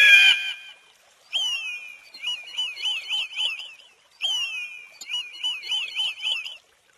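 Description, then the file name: Wedge-tailed eagle calling in high thin whistles: a drawn-out note followed by rapid undulating, wavering notes, the pattern given twice, opening with a brief harsh burst. "canto da aguia audaz"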